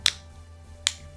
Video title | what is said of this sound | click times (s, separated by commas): Replacing the Battery in Your Leitner LH280 Headset - Leitner Wireless Guide | and you should hear some satisfying snaps as you push it into place. Now we're sealed back up. | 0.1 s, 0.9 s